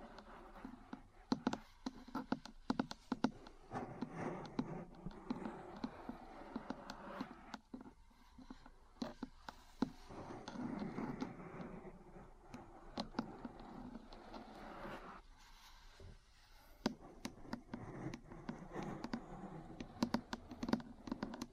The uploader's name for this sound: Metal Parts Tapping & Scratching